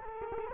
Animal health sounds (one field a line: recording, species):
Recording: mosquito wingbeat signal from an infrared sensor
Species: Culex quinquefasciatus